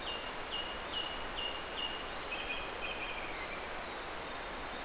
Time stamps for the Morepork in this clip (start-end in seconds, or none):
none